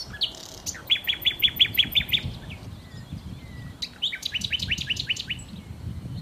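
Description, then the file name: Common nightingale song: a short rising note, then a fast run of about eight repeated sharp notes, and after a pause a second burst of upswept repeated notes. "Nachtigall"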